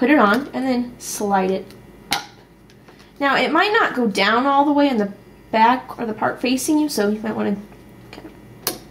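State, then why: Seated. Someone talks while a plastic battery cover is pushed down at the back and slid into place on an APH BookPort Plus handheld audio book player. A sharp tap sounds at about 2.1 s, and the cover clicks as it latches at 8.7 s, seated in place.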